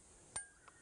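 The night latch on a steel-jaw wild dog trap is engaged, so the raised pan comes down and locks into place with a sharp metallic click at 0.4 s. A fainter, shorter tick follows at 0.7 s over a low steady hiss. The latch and pan are seated.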